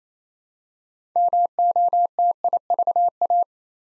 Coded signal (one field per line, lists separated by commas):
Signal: Morse code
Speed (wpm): 27 wpm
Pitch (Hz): 700 Hz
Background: none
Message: MOTIVA